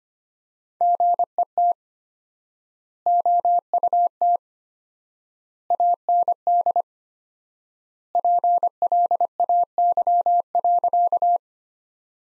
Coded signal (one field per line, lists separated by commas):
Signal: Morse code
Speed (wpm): 25 wpm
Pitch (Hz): 700 Hz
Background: none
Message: GET OUT AND PLAY.